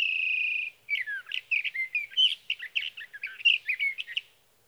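Sage thrasher song: opens with a steady sustained whistle, then breaks into a rapid, jumbled series of warbled and buzzy notes lasting several seconds.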